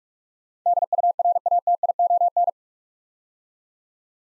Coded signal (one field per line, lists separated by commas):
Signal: Morse code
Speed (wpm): 44 wpm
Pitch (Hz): 700 Hz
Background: none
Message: DURATION